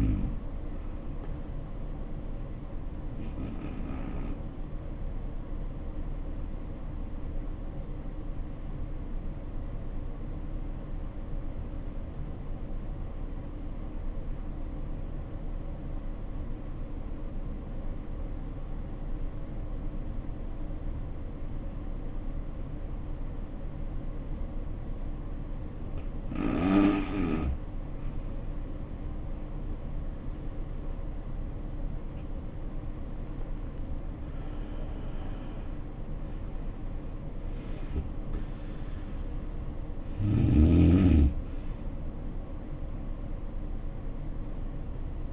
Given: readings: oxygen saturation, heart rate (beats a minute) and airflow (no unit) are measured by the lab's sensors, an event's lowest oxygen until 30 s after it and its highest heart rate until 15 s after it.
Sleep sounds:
breathing in sleep by a smartphone at the bedside; 1
4.00-34.00 s: new sleep stage, N2 (light sleep)
9.00-26.80 s: obstructive apnea (N2, oxygen 95% highest, then 71% lowest, heart rate 61 at the start, 83 highest)
34.00-45.33 s: new sleep stage, N1 (lightest sleep)
From the record:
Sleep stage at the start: N1 (lightest sleep); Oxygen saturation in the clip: 72 to 95%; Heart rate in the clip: 54 to 83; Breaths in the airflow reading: 6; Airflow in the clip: -8.2 to 8.3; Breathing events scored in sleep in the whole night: 520 in 7.2 hours asleep

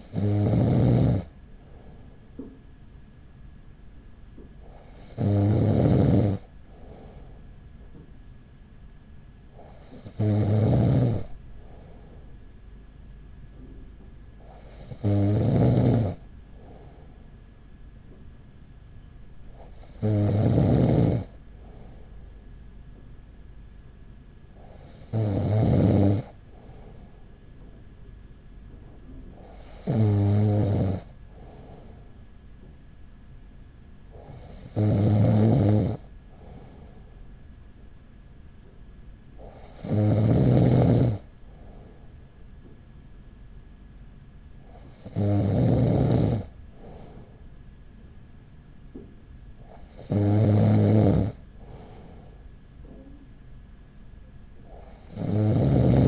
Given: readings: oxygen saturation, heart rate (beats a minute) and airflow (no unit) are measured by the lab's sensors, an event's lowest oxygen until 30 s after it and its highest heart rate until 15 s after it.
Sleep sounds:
breathing in sleep by a smartphone at the bedside; none
none scored
From the record:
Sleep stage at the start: N2 (light sleep); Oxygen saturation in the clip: 95 to 96%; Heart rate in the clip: 40 to 44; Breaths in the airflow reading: 11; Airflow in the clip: -5.3 to 4.7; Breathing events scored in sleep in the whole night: 207 in 7.6 hours asleep

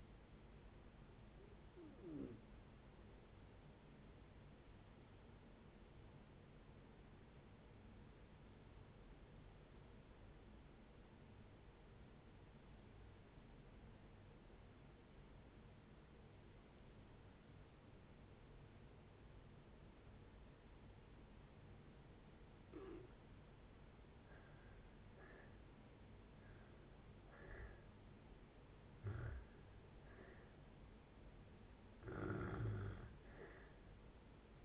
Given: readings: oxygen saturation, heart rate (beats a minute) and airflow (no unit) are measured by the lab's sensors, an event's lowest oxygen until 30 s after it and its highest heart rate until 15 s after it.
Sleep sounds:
breathing in sleep by a voice recorder at the bedside; 1
7.00-27.90 s: obstructive apnea (N1, oxygen 97% highest, then 78% lowest, heart rate 64 at the start, 71 highest)
7.00-34.65 s: new sleep stage, N2 (light sleep)
From the record:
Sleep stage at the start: N1 (lightest sleep); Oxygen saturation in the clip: 82 to 97%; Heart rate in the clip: 57 to 72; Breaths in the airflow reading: 5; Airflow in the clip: -6.5 to 7.9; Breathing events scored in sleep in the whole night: 496 in 5.4 hours asleep

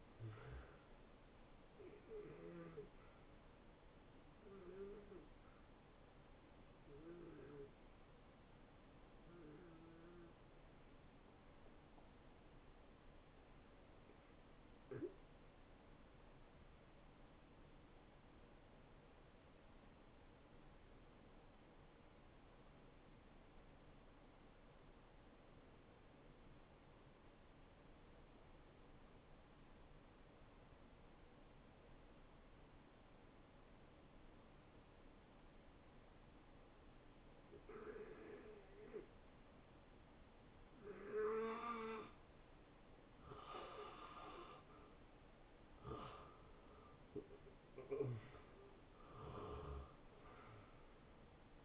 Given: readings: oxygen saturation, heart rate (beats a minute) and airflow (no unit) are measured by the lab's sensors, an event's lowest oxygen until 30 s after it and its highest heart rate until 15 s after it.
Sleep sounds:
breathing in sleep by a voice recorder at the bedside; 1
11.00-44.40 s: hypopnea (N1, oxygen 95% highest, then 83% lowest, heart rate 72 at the start, 78 highest)
25.00-51.65 s: new sleep stage, N2 (light sleep)
From the record:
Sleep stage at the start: N1 (lightest sleep); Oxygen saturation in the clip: 79 to 95%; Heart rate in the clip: 55 to 80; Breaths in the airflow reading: 9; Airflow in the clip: -18.6 to 8.9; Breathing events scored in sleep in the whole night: 263 in 5.5 hours asleep

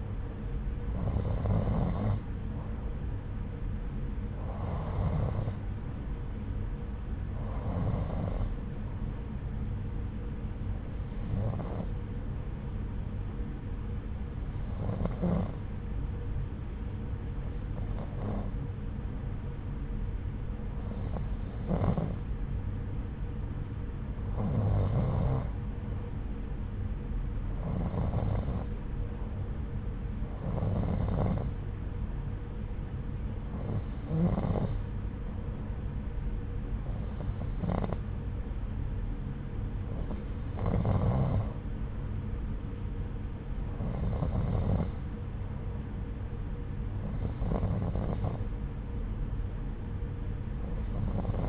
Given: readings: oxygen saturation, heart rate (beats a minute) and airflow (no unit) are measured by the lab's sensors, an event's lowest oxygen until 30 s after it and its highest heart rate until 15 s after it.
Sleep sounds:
breathing in sleep by a smartphone at the bedside; 1
12.00-24.40 s: hypopnea (N2, oxygen 92% highest, then 89% lowest, heart rate 68 at the start, 80 highest)
From the record:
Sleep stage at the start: N2 (light sleep); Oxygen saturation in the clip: 89 to 92%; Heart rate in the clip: 63 to 81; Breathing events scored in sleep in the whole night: 303 in 8.1 hours asleep

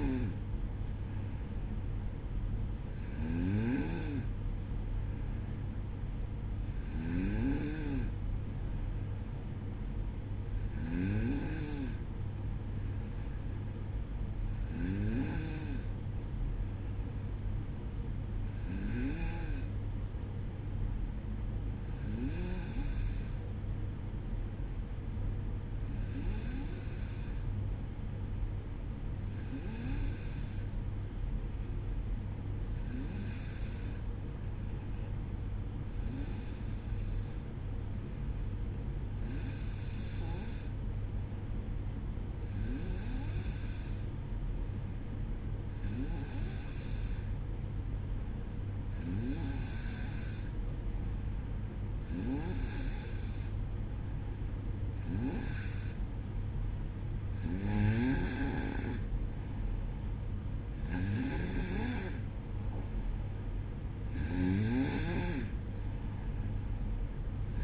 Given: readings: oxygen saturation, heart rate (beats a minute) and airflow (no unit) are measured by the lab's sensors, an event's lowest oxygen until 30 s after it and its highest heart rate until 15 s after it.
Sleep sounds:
breathing in sleep by a smartphone at the bedside; 1
23.00-47.50 s: hypopnea (N1, oxygen 95% highest, then 92% lowest, heart rate 58 at the start, 62 highest)
38.00-67.64 s: new sleep stage, N2 (light sleep)
From the record:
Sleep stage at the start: N1 (lightest sleep); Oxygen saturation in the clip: 92 to 95%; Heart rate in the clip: 57 to 62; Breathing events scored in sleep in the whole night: 305 in 9.6 hours asleep

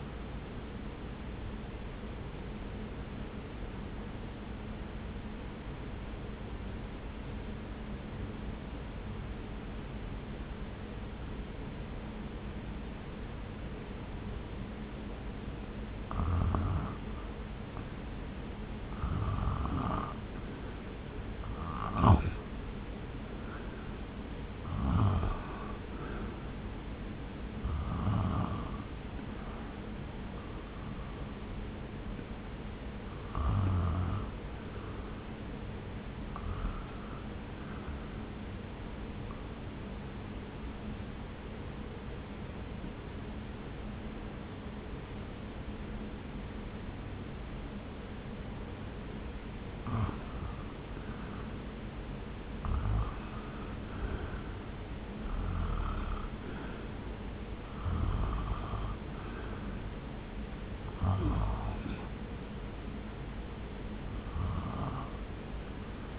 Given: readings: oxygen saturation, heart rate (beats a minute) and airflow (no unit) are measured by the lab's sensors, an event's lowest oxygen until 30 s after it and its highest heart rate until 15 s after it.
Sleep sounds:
breathing in sleep by a voice recorder at the bedside; 2
5.00-18.30 s: obstructive apnea (REM, oxygen 97% highest, then 79% lowest)
40.00-51.50 s: obstructive apnea (REM, oxygen 94% highest, then 88% lowest)
From the record:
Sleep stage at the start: REM sleep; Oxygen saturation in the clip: 79 to 97%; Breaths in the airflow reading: 17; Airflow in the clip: -0.8 to 1.2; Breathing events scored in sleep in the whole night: 335 in 6.7 hours asleep

